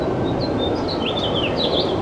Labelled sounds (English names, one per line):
House Finch song